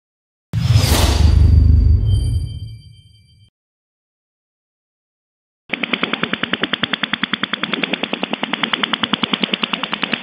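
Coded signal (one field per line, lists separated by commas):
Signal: radar signal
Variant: over-the-horizon radar, 10 sweeps/s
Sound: rapid steady buzzy clicking, about ten harsh pulses per second, after a fading hiss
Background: radio static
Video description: OTH Radar en la banda de #radioaficionados de 20 metros. QRG; 14120 kHz. Ancho de banda = 40 kHz. 10 barridos por segundo (10 sps).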